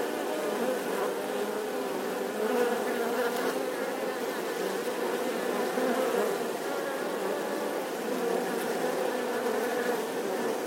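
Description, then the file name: Many wasps buzzing at once, an unbroken droning hum with small swells in loudness across the whole stretch. A swarm of wasps buzzing outside their nest. "Tieng bay ong vo ve ngoai to"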